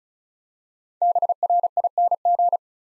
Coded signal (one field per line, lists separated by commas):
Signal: Morse code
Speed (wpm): 36 wpm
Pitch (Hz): 700 Hz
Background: none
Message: BRING